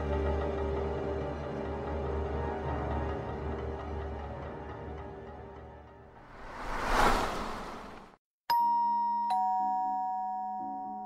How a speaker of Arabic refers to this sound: الساعة 7 بالظبط رن جرس الباب.